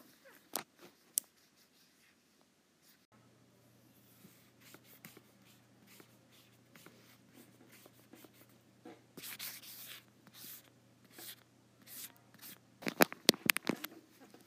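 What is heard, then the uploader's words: An Apple Pencil taps and scratches on an iPad screen in irregular bursts. Two sharp clicks come early, then a soft stretch of light strokes, with denser scribbling around ten seconds and a cluster of louder, crisp taps near the end. A steady low hum runs underneath. ASMR Apple Pencil on iPad.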